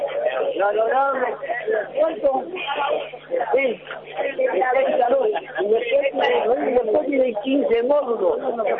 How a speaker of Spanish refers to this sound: Yo me voy a acercar un segundo para que ustedes escuchen estos griteríos levemente. Me voy a infiltrar, a veces lo escuchamos infiltrado.